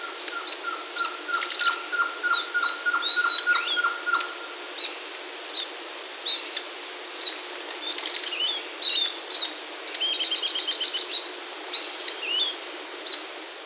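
Bird calls: a run of about a dozen evenly spaced lower notes at the start, then scattered high chirps, whistled slurs and a brief rattling trill over faint hiss.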